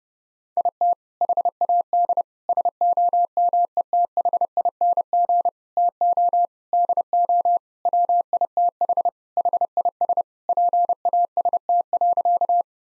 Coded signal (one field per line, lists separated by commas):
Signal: Morse code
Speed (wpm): 32 wpm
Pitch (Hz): 700 Hz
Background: none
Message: IT HAD SOMETHING TO DO WITH HIS PAST.